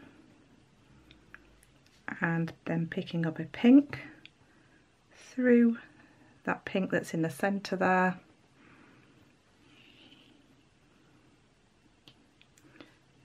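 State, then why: Seated. Someone talks while pulling thread through the center pink bead of a beaded bail worked in herringbone/peyote stitch. A glass cylinder seed bead audibly clicks into place at about 12.1 s, followed by a few faint ticks.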